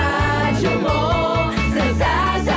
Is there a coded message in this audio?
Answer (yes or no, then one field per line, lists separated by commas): no